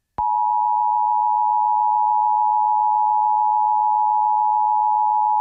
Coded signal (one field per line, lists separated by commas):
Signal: Emergency Alert System (SAME) tones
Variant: 853 and 960 Hz attention tone